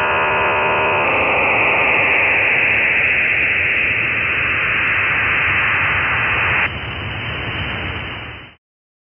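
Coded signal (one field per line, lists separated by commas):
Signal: HF data modem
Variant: hybrid parallel/serial, 2400 baud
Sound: steady wide rushing hiss for 8.5 seconds, changing character briefly before ending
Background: radio static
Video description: Modem híbrido de la marina israelí en la banda de #radioaficionados de 20 metros. QRG: 14001.5 kHz CF.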